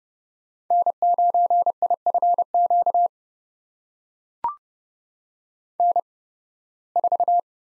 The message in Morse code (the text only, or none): N9IFQ N4